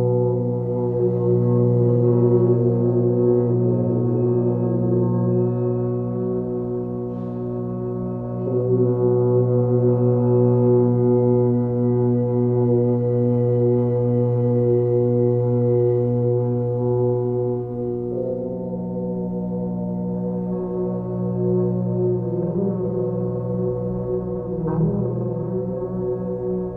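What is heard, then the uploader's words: Earth horns sound over an electronic drone, a thick, steady low hum with a layered stack of tones reaching into the middle register. The texture shifts slightly at around 8, 18 and 25 seconds, as a brighter upper tone wavers and fades. Earth Horns with Electronic Drone.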